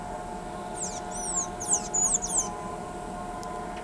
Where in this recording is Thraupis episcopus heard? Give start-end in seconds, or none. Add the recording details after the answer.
0.71-2.49. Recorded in pastures near Pivijay, Magdalena, Colombia, on 13 April 2023 at 10:00. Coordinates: 10.456, -74.369. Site P6-G026